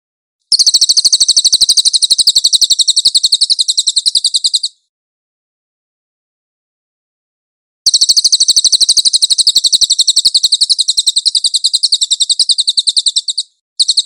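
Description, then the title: Cililin song: two long trills of rapid, high, pulsing notes, each several seconds long and separated by a three-second silence, then a third trill begins briefly. "MASTER SUARA BURUNG CILILIN"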